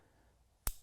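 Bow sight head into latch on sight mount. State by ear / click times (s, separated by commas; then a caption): seated / 0.7 s. A removable bow sight head, its latch held all the way open, is slid back onto the sight mount. After quiet handling, a single sharp click at 0.7 s marks the latch engaging, and the head is seated back on the mount.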